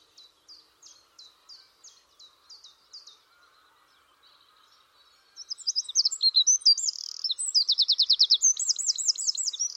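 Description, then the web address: Bird song opening with a row of thin, evenly spaced chirps, a pause, then a louder burst of rapid twittering and fast, rolling high trills. "cianscape birddata Deverinetal 2025"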